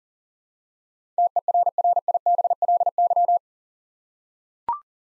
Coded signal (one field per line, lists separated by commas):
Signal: Morse code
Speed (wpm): 40 wpm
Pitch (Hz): 700 Hz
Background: none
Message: TERRIBLY